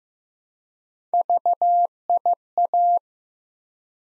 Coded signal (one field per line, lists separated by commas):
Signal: Morse code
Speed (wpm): 15 wpm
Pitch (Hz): 700 Hz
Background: none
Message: VIA